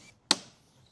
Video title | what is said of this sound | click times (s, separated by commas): Installing the Ring Beam Part 6 | You can hear it clicking like that. | 0.3 s